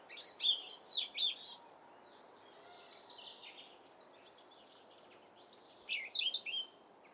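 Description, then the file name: European robin song, high jingling notes, a softer scratchy passage, then a final burst of fast, sharp twittering. "Erithacus rubecula"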